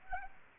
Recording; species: mosquito wingbeat signal from an infrared sensor; Anopheles gambiae